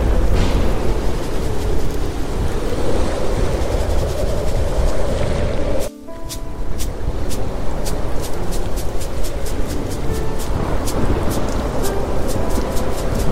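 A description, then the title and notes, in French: A dense, steady storm roar, deep and rushing like heavy wind and rain, fills the clip. Around six seconds it dips briefly, then returns with a regular series of crisp, close ticking taps and a few faint, soft sustained notes. Sons de TEMPÊTE, triggers ASMR, douce mélodie au PIANO. Les MEILLEURS SONS de la NATURE et TRIGGERS (no talking) avec piano.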